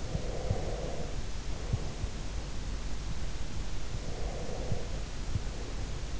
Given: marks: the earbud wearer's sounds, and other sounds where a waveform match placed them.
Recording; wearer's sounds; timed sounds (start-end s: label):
sounds in sleep by an in-ear microphone; breath
0.02-2.07 s: breath
3.89-6.19 s: breath